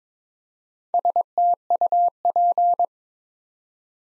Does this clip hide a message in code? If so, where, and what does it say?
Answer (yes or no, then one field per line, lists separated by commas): yes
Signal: Morse code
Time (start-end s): 0.9-2.9 s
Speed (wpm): 22 wpm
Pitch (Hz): 700 Hz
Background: none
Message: STUP